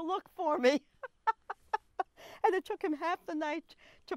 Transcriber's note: laughs